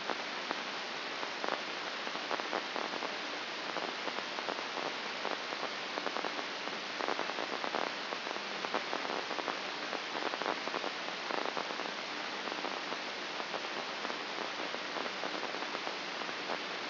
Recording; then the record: brain microelectrode recording played as sound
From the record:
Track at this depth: inside the subthalamic nucleus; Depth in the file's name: 5.629 mm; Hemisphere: left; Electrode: 2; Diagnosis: Parkinson's disease